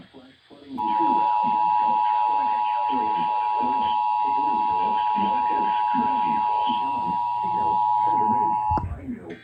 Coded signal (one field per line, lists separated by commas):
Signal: Emergency Alert System (SAME) tones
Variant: 853 and 960 Hz attention tone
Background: speech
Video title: (EAS #15) more Flash flood warnings (fm radio and TV EAS) 8/30/2021